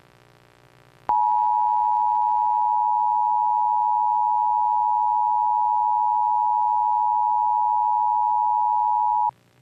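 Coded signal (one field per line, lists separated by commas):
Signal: Emergency Alert System (SAME) tones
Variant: 853 and 960 Hz attention tone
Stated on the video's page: Nationwide EAS test carried on a television station in Terre Haute, Indiana.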